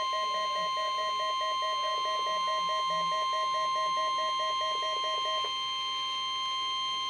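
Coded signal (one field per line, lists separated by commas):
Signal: Emergency Alert System (SAME) tones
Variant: 1050 Hz attention tone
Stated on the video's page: Required weekly test from the Baltimore/Washington weather forecast office.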